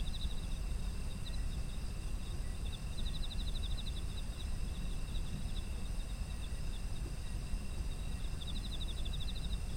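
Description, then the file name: Insects chirping in rapid pulsed trills at the start, middle and end, over continuous high droning tones and low background rumble. Ambient sound of autumn insects. "秋の虫の環境音"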